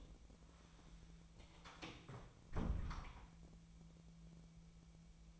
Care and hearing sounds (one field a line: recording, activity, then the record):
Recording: daily activity, microphone in the room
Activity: close door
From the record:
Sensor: 1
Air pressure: 1000.4 hPa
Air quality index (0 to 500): 182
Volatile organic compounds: 4 ppm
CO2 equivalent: 1678 ppm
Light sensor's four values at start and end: 12/29/12/14 and 12/29/12/14